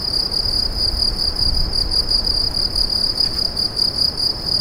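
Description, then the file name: Crickets chirping in a steady, rapid pulsing trill, high and continuous throughout, with a fainter higher overtone and a soft low background rumble. "grillons"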